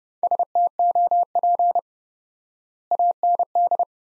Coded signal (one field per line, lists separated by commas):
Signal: Morse code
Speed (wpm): 30 wpm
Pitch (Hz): 700 Hz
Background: none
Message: STOP AND